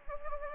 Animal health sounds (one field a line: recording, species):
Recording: mosquito wingbeat signal from an infrared sensor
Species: Anopheles gambiae